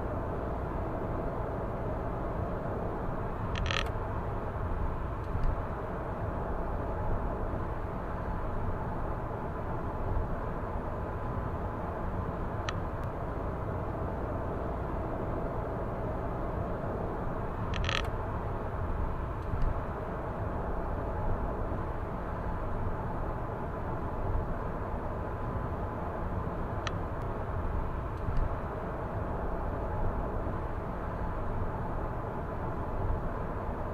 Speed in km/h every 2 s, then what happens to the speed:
104, 104, 100, 96, 96, 96, 96, 96, 96, 102, 104, 104, 103, 103, 104, 106, 108.
0-6 slows to 96. 6-16 steady at about 96. 16-20 speeds up to 104. 20-34 steady at about 104.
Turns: none.